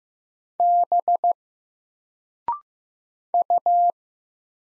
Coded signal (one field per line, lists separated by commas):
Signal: Morse code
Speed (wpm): 15 wpm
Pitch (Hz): 700 Hz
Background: none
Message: B U